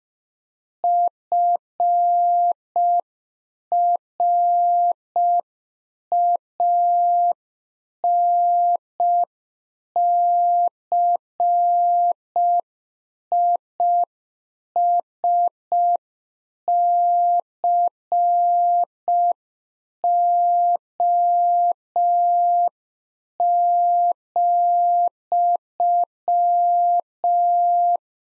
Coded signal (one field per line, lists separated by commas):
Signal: Morse code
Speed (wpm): 5 wpm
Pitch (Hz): 700 Hz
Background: none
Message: FRANCISCO,